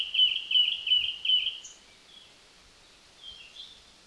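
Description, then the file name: Zappey's flycatcher song: four quick, warbled high notes in a steady run, then a pause and two softer notes; otherwise quiet. Song, recorded at Lingshan on 7 June 2020 at 05:41. "2020-06-07-0541-Zappeys-Flycatcher-song-Lingshan"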